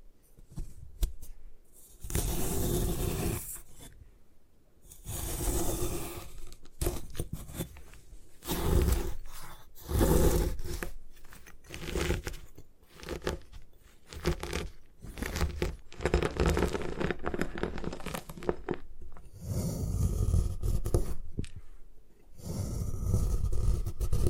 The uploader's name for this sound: Destroy Gym Chalk